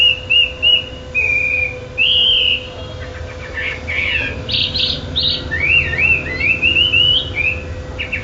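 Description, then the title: Bird singing varied whistled phrases, some flat and some sweeping up and down, broken by short gaps, with a faint hum underneath. "SuaraBurung Kicau6"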